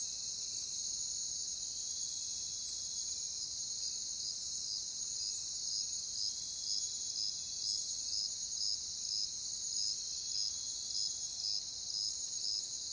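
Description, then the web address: Crickets calling, with regular short chirps roughly twice a second laid over a steady shrill trilling chorus. "Nature Songs Nature Sounds Sounds of Nature Collection Crickets"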